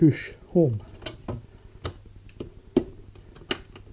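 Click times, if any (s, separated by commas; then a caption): 2.8 s, 3.5 s. Someone talks as a DDR3 memory stick is pressed firmly into a DIMM slot on the motherboard of a Lenovo ThinkCentre 10DR-000DUK E73 mini tower, with a few small taps and ticks along the way. The module needs a firm push, and sharp clicks at 2.8 s and 3.5 s mark the retaining tabs snapping into place as it seats.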